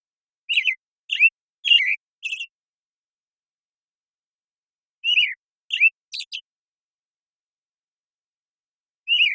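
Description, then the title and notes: American Robin singing phrases of three or four warbled whistles separated by pauses of a few seconds, with a final single note; clean background. Morning song, very long sequence, Pacific Northwest, Washington, United States; parabolic recording, processed clean for clarity with natural pacing and rhythm maintained. "American Robin Morning Song. American Robin, Turdus migratorius, morning song, very long sequence, parabolic recording. Recorded in the beautiful Pacific Northwest, Washington, United States"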